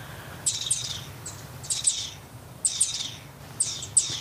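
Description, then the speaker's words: Garden dormouse: garden dormice giving sharp, very high squeaky whistles with hissing tails, often in pairs, repeated roughly every second over a low steady hum. Many wild garden dormice, about five or six, calling and communicating at night in allotment gardens in Wiesbaden, Germany; heard but not seen; nocturnal; calls described as whistling and hissing. "So viele Gartenschläfer habe ich noch nie gehört. Das ist echt für, auch für mich ganz toll."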